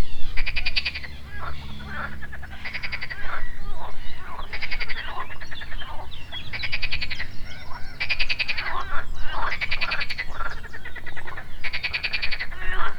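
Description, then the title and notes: Frogs croaking in loud rattling bursts about a second long, repeated with short pauses. Frogs at the edge of a pond on the banks of the Marne, Parc de la Haute-Île, France; early afternoon; recorded with a DR-40X. "Batraciens et oiseaux à la Haute-Île. En début d'après midi, les oiseaux marins (et d'autres), des grenouilles au bord d'un des étangs en bordure de la Marne. Enregistreur: DR-40X"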